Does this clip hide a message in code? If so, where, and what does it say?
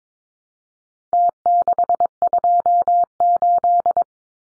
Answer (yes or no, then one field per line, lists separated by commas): yes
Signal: Morse code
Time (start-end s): 1.1-4.0 s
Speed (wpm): 22 wpm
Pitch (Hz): 700 Hz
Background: none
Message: T628